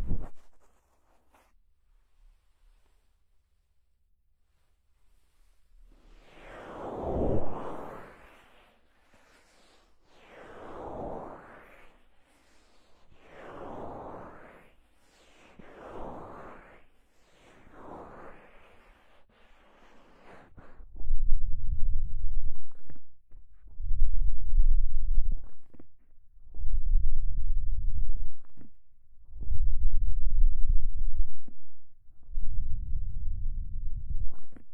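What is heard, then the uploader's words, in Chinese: Ear massage: five soft rubbing swells between about six and twenty seconds, then heavier low muffled rubbing strokes in regular bursts until the end. 放松按摩耳朵。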